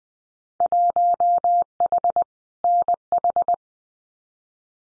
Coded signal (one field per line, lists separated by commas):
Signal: Morse code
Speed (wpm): 20 wpm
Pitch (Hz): 700 Hz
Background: none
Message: 1H NH